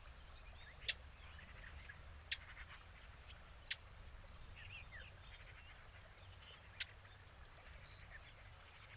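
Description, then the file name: Eurasian blackcap giving four hard, sharp tack notes, spaced irregularly over several seconds, with faint twittering birds behind. "Sylvia atricapilla"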